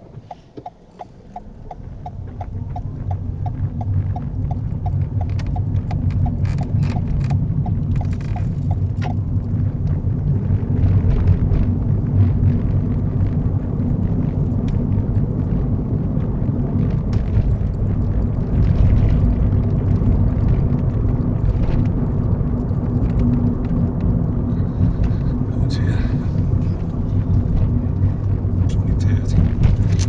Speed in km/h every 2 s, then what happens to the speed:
15, 21, 24, 26, 34, 39, 42, 45, 50, 52, 50, 47, 42, 39, 37.
0-18 speeds up to 52. 18-30 slows to 37.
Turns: none.